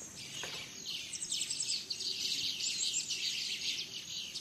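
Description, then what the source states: Birds in a dense chorus, rapid high twittering and chirping running almost continuously, with a steady thin hiss behind. Dawn chorus of birds in rainforest at Gran Sabana, Venezuela.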